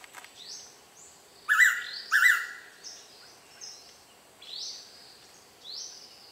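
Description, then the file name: Blue-winged pitta giving a loud two-note whistled call, both notes slurred and close together, over a chorus of thin, high bird calls. "p moluccensis"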